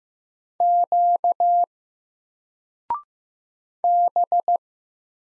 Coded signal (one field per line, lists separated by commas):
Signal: Morse code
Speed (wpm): 15 wpm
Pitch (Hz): 700 Hz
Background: none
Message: Q B